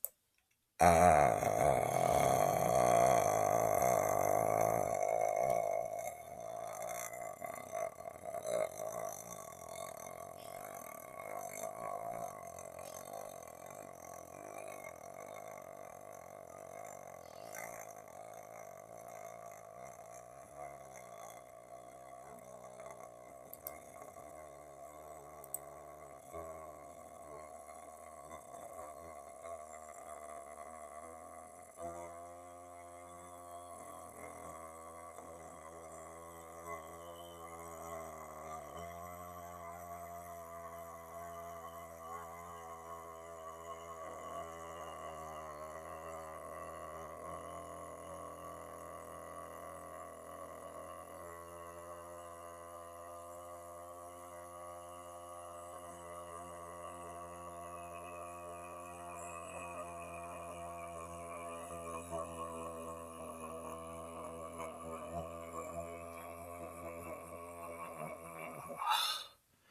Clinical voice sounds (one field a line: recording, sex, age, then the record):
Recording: vowel held as long as possible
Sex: male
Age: 30 to 39 years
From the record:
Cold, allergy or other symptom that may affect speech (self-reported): no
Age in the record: 36 years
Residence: United States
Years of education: 14